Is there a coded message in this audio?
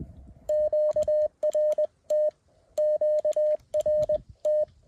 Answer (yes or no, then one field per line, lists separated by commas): yes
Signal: Morse code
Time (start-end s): 0.5-4.6 s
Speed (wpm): 20 wpm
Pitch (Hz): 610 Hz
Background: none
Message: QRT QRT